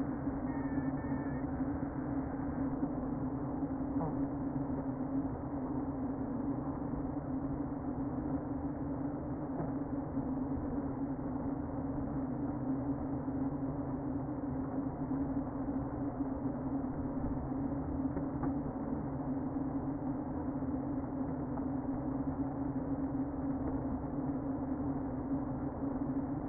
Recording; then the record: honeybee colony, microphone inside the hive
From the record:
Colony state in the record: queen present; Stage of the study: before two queens were removed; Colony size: about 60,000 bees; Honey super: yes